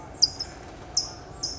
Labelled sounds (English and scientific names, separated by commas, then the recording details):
California Towhee (Melozone crissalis)
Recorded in Sonoma County, California